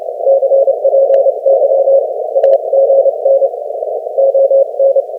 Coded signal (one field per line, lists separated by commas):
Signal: Morse code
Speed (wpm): 26 wpm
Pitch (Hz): 540 Hz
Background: none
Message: CPY AGN ON